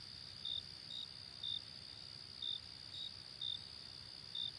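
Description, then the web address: Cricket chirping, single high chirps spaced about half a second to a second apart, over a steady shrill drone. "hobokenchicken kira. crickets"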